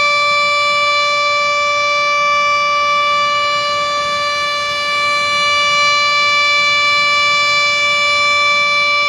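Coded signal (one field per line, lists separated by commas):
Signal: siren signal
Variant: Japanese dam discharge siren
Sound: one continuous steady siren tone with rich harmonics, unchanging in pitch throughout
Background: outdoor background noise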